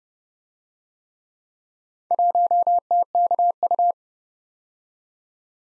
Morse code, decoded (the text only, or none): 1TKU